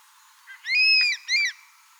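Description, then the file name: Crested serpent eagle giving a loud, ringing whistled call: a long arched note followed by a shorter second note, with a quiet background. "elang ular bido"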